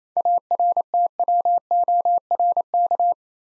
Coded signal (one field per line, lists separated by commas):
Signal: Morse code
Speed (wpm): 27 wpm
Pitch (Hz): 700 Hz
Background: none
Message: ARTWORK